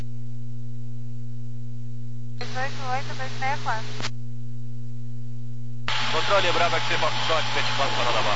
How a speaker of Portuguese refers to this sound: Alfa Vitor Juliette, informa que a portadora está aberta.